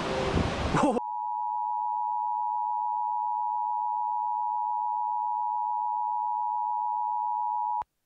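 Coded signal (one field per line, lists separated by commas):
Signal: Emergency Alert System (SAME) tones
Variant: 853 and 960 Hz attention tone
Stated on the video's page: Mock EAS scenario recreating the May 30, 2004 severe weather outbreak.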